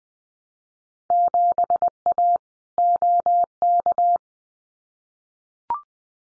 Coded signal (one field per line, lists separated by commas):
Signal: Morse code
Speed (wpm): 20 wpm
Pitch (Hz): 700 Hz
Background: none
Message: 7A OK